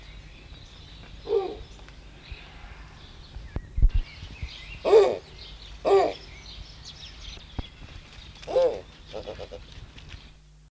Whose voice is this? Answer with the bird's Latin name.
Bubo scandiacus